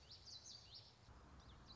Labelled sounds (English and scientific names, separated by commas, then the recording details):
Common Yellowthroat (Geothlypis trichas)
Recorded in Sonoma County, California